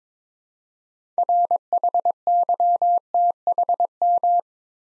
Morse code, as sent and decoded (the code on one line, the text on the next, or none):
.-. .... -.-- - .... --
RHYTHM